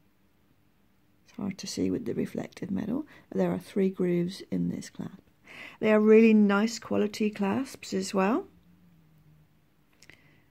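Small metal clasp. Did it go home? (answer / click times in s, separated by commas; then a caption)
yes / 10.0 s, 10.1 s. Someone talks, then a metal Delica bracelet clasp half is pushed into its mating half so the two halves lock together. It makes a very satisfying click at 10.0 s and 10.1 s, and the clasp is seated shut.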